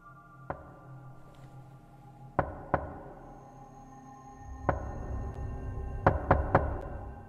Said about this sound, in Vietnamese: Ở bên ngoài kia, tiếng gõ cửa lại tiếp tục vang lên ba nhịp một.